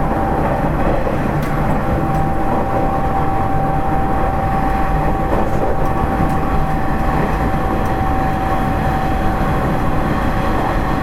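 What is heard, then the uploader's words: An electric train running at steady speed, with a dense low rumble that stays level throughout. A thin, constant whine sits above the roar, and a few faint clicks from the track come through now and then. 西鉄3000系 急行 久留米から二日市まで. 西日本鉄道 3000系電車の走行音です。 大牟田線の急行列車で録音しました。 Running noise of Nishitetsu 3000 series train.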